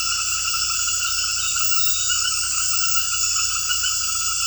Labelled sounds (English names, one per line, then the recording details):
none
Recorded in dense forest near Puerto Asís, Putumayo, Colombia, on 18 February 2024 at 22:00
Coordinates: 0.487, -76.319
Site G6403